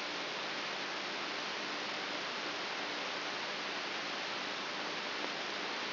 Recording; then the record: brain microelectrode recording played as sound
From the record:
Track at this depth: inside the subthalamic nucleus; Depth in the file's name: 3.24 mm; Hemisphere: right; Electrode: 3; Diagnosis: Parkinson's disease